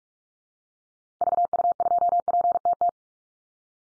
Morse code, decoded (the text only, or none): VU2PTT